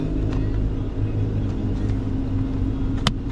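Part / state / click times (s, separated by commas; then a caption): fuse box cover or panel latch in a car / seated / 3.1 s. The other-side latch of a car's fuse box cover or panel is pushed in over a steady low hum, with a faint tick near 0.3 s. A loud, sharp click lands at 3.1 s as the latch locks, and the cover is seated.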